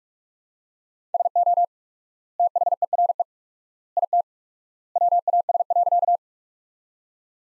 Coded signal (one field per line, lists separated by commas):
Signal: Morse code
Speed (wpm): 42 wpm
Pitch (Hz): 700 Hz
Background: none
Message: SO THERE IT WAS.